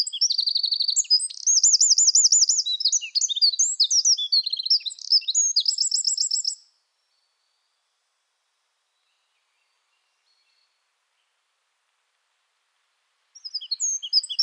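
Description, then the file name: Eurasian wren song: a loud, tumbling stream of high notes and quick trills, already under way at the start and ending after about six seconds, then silence before the next song starts at the end. "Troglodytes troglodytes"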